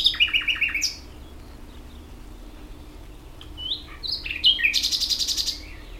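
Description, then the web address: Common nightingale song: a pulsing series of repeated notes, a pause, then whistled slurs and a loud rapid buzzy trill. "ambient nightingale"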